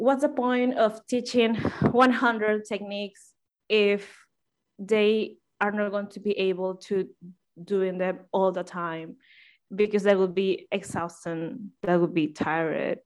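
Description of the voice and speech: Accented English speech from an adult woman, a psychologist from Peru who stutters, with stretched sounds and silent mid-phrase pauses: mild stuttering.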